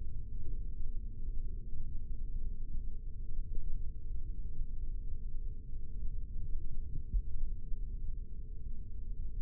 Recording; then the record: forearm muscle sounds (acoustic myography)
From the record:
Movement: rest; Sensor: system 3, bracelet of six PUI Audio POM-2738L microphones around the upper forearm, with dedicated amplification and filtering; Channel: 5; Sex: male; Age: 26 years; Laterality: right